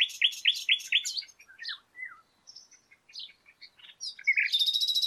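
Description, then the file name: Common nightingale singing: a quick run of repeated notes, then scattered varied whistles and chips, ending in a loud, buzzy rattling trill. "Luscinia megarhynchos"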